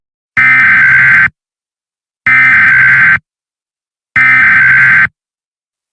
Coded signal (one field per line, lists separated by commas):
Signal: Emergency Alert System (SAME) tones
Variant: header bursts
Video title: EAS Scenario #3: Irradiating Chaos.